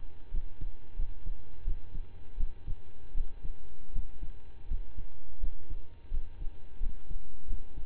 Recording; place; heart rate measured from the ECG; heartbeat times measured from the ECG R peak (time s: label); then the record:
heart sounds by stethoscope; between the tricuspid and mitral areas; 84 bpm
0.30 s: heartbeat
0.96 s: heartbeat
1.64 s: heartbeat
2.36 s: heartbeat
3.13 s: heartbeat
3.91 s: heartbeat
4.67 s: heartbeat
5.39 s: heartbeat
6.10 s: heartbeat
6.79 s: heartbeat
7.46 s: heartbeat
From the record:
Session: slow and fast walking with breaks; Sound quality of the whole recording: saturated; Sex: male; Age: 25 years